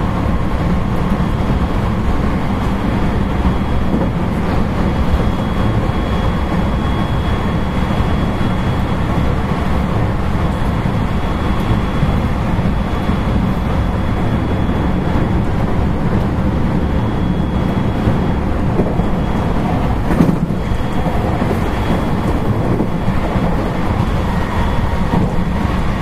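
A JR West 223 series electric train runs with a steady, dense rumble, a faint high whine, and a brief clunk around twenty seconds.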